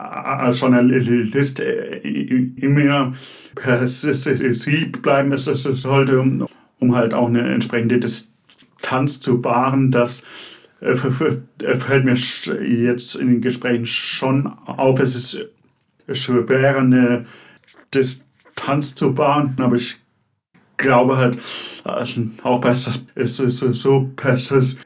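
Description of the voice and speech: A man in his mid to late twenties, a journalist who stutters, speaks German. His speech is broken by stuttering, with drawn-out consonants such as prolonged 's' and 'sch' sounds, and by silent blocks and pauses between phrases.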